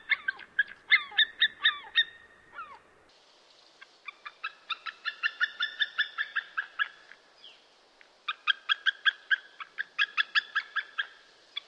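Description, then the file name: White-tailed eagle calling in rapid series of sharp, yelping notes, several bursts separated by short pauses, with downward-slurred notes early. "havsorn"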